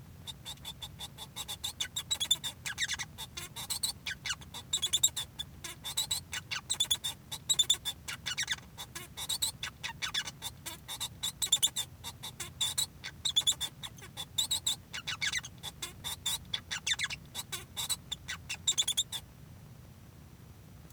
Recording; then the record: song of a male Bengalese finch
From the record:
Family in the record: son of father 1